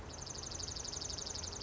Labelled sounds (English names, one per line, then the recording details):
Dark-eyed Junco
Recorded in Sonoma County, California